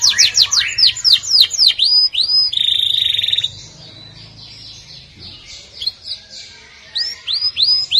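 Atlantic canary song opening with loud rapid whistled notes and a short trill, then softer warbling phrases over a low background hum.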